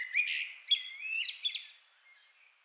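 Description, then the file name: Common blackbird song: a low fluty warble that breaks into a thin, squeaky twitter and trails off quietly. "Turdus merula"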